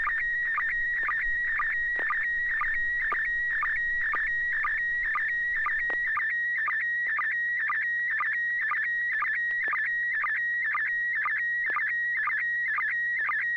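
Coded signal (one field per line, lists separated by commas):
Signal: SSTV (slow-scan television)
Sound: steady whistling tone around 1.9 kHz with a quick low blip about twice a second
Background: low hum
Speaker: Yeah, I have a photo. Um, it's good to hear you, uh, Chris. I think you're, uh, George's, uh, son, so it's good to hear you on the net. Um, welcome. So, this is going to be, uh,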